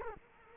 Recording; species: mosquito wingbeat signal from an infrared sensor; Culex quinquefasciatus